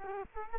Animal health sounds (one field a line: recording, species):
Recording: mosquito wingbeat signal from an infrared sensor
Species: Culex quinquefasciatus